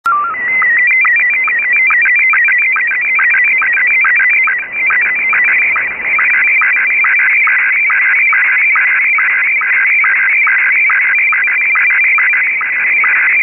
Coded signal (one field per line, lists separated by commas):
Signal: SSTV (slow-scan television)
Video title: A complete SSTV QSO in 5 parts using RTL-SDR and QSSTV - Part 5